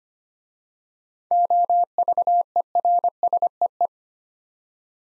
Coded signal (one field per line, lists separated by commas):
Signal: Morse code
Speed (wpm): 25 wpm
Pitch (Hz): 700 Hz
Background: none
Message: OVERSEE